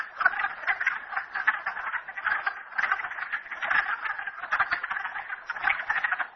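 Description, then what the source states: Frog chorus with rattling, clicking croaks coming in pulsing bursts that rise and dip in loudness. Frogs recorded at Merryspring.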